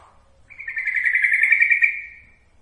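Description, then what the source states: Yellow-vented bulbul: one buzzy, rattling note held near one pitch for about a second and a half, fading at the end. Masteran training recording.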